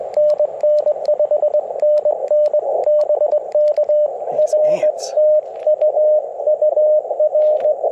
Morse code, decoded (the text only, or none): NN5NN BK R TU UR